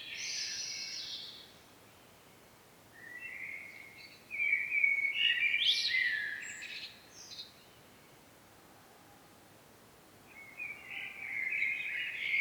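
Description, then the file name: Common blackbird song: mellow fluted phrases separated by pauses, the longest in the middle ending in a twittery flourish, over faint background hiss. "Turdus merula"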